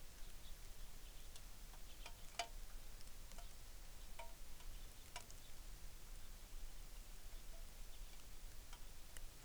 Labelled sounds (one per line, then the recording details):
songbird
rain
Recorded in the Arctic National Wildlife Refuge, Alaska, on 3 August 2019
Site 33